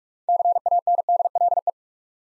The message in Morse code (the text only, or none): CANDLE